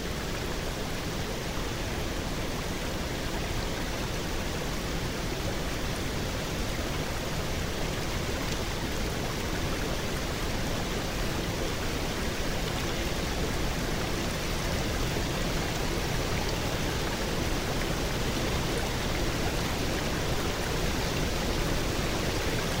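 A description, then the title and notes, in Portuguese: Soft, gently flowing lake water makes a dense, even rush that holds steady for the whole stretch with no distinct splashes or pauses. The sound is full, spread from a low murmur up into a bright hiss, with nothing else standing out. A Floresta Negra se situa numa região montanhosa da Alemanha, onde predominam os pinheiros e abetos. Iremos desbravar a floresta durante a primavera. O fluir suave das águas de belos lagos.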